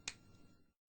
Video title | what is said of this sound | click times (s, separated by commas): ZOLL E Series Cardiac Monitor IN SERVICE VIDEO | Then press both the sensor and the airway adapter together until they click. | 0.1 s